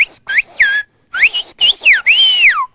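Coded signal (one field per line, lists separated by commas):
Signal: whistled language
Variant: Occitan whistled language of Aas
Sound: five short gliding whistled phrases rising and falling between mid and high pitch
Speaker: Bernard tu vas passer à l'épicerie tu vas m'acheter une boîte de sardines et une baguette de pain donc voilà c'est une phrase un peu plus un peu plus longue et qui qui aurait pu être sifflée sans problème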